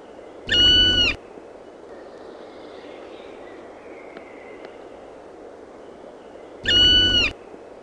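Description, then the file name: Black woodpecker calling two long, steady, ringing notes about six seconds apart. "PALOKARKI"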